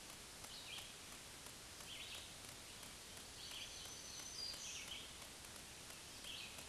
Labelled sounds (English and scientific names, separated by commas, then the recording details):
Black-throated Green Warbler (Setophaga virens) song
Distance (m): 35 m
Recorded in a Pennsylvania forest on 1 June 2023 at 06:11
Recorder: AudioMoth, point grid3_34_low
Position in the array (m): 243 m, 121 m